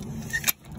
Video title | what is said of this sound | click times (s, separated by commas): Telescoping Ladder, SocTone 12 5 FT Aluminum Lightweight Extension Ladder Review, Compact and safe f | you can hear that click and | 0.0 s